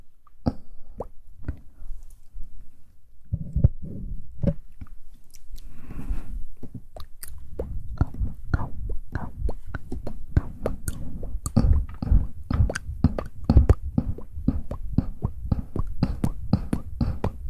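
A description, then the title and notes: Wet mouth sounds of clicks and plops, sparse at first, then quickening after about six seconds into a steady, dense patter. ASMR Tingly Mouth Sounds & Hand Movements.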